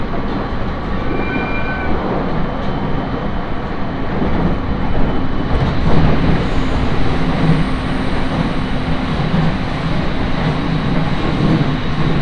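Aboard a JR 701-series train on the Tohoku Main Line from Sendai to Kogota, the car rumbles steadily with a dense low roar that swells slightly around the middle. Faint brief tones ring out near the start, and a soft hum persists underneath.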